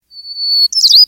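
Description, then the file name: White-crowned sparrow song opening: a long steady high whistle, then a quick burst of buzzy, sliding notes. "wht crown"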